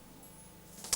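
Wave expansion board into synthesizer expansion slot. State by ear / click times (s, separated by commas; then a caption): seated / 0.9 s. A Pop wave expansion circuit board is placed over its expansion slot in a Roland JV-1080 synthesizer module, with small white pegs poking through, and pushed down firmly. Quiet low-frequency rumble is followed by a sharp snap at 0.9 s as the board clicks into place and seats in the slot.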